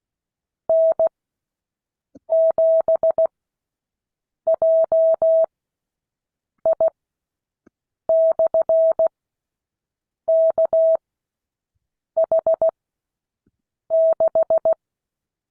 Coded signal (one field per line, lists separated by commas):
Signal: Morse code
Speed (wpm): 16 wpm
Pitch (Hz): 650 Hz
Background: none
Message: N7JI/KH6